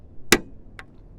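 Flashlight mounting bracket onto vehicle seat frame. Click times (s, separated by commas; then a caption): 0.3 s. A second plastic Quadratec flashlight holder bracket is pushed down onto the mounting edge of a seat frame in a Jeep Gladiator. It snaps into place with a sharp, loud click at 0.3 s, followed by a fainter, brighter tick at 0.8 s. The bracket is seated.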